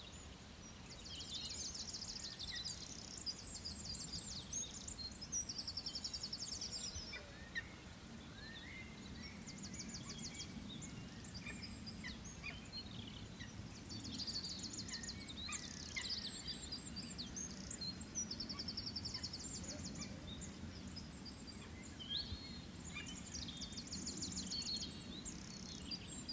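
Peregrines call from crags amid an evening chorus, with repeated bright chattering bursts over a steady low rumble throughout.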